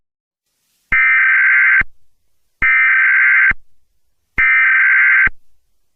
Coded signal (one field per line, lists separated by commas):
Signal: Emergency Alert System (SAME) tones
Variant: header bursts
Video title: Mars *Eas Scenario* birthday special